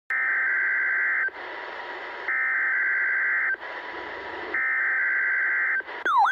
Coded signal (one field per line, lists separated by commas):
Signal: Emergency Alert System (SAME) tones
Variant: header bursts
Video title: EAS #604-605: Required Weekly Test